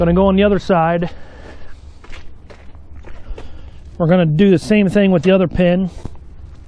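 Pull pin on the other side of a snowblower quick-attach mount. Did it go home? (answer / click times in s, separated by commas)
no / none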